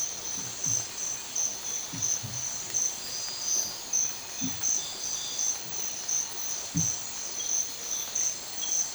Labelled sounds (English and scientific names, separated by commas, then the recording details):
none
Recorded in dense forest near Puerto Asís, Putumayo, Colombia, on 20 December 2024 at 05:00
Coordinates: 0.467, -76.328
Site GP05